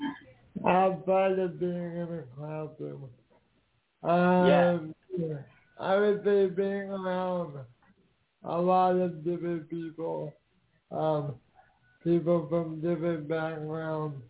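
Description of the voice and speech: Slow, effortful speech from an adult man with long pauses, distorted consonants and nasal vowels, understood fully by only some listeners: dysarthria from a genetic condition of unknown origin similar to cerebral palsy, with quadriplegia.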